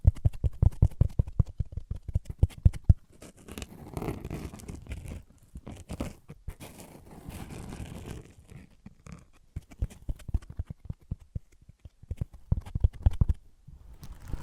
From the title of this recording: Wood vs Cork, Sponge vs Foam, Glass vs Plastic